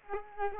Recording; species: mosquito wingbeat signal from an infrared sensor; Culex quinquefasciatus